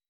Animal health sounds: hydrophone in a shrimp aquaculture tank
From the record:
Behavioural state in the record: weakened

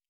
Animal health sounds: hydrophone in a shrimp aquaculture tank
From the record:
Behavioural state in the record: normal

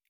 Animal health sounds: hydrophone in a shrimp aquaculture tank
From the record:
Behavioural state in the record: feeding

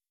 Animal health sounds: hydrophone in a shrimp aquaculture tank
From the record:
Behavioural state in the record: weakened

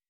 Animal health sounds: hydrophone in a shrimp aquaculture tank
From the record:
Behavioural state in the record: weakened

